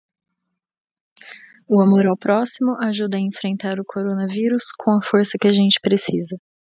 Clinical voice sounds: spoken sentence; Brazilian Portuguese; female; 30 to 39 years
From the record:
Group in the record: control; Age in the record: 36 years

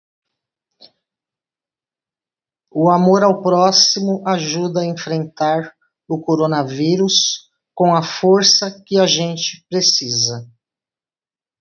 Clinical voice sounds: spoken sentence; Brazilian Portuguese; female; 50 to 59 years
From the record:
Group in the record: control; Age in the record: 57 years

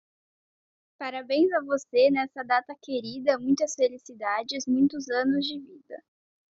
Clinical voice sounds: short text; Brazilian Portuguese; female; 40 to 49 years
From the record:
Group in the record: control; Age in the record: 45 years

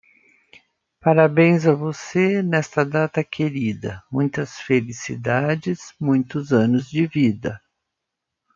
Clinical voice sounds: short text; Brazilian Portuguese; female; 60 to 69 years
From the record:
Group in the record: control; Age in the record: 68 years

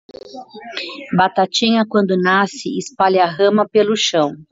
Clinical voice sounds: short text; Brazilian Portuguese; female; 40 to 49 years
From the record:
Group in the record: control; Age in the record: 44 years

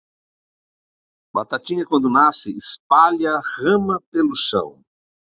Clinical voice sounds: short text; Brazilian Portuguese; male; 60 to 69 years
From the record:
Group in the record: control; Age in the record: 63 years

